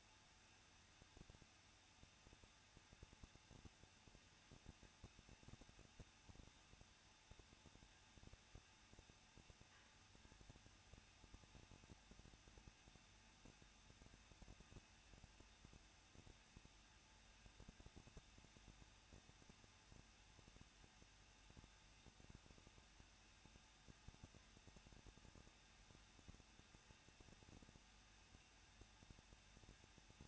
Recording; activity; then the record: daily activity, microphone in the room; no activity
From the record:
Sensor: 2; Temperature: 21.0 degrees Celsius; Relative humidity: 37.5%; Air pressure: 1006.3 hPa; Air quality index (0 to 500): 223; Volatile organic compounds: 25 ppm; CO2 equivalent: 2839 ppm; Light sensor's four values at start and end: 2/3/2/2 and 2/3/2/2